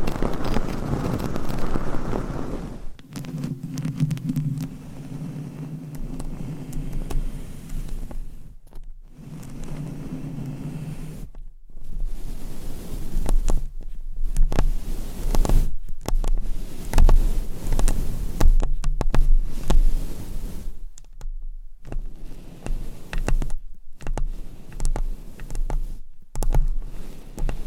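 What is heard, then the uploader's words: Microphone scratching and brushing, a dense low rumbling rustle broken by abrupt silent gaps every few seconds, with soft tapping thumps throughout. ASMR Mic Scratching - Tapping & Brushing on 7 Mics with DIY Mic Covers 100% Tingles - No Talking.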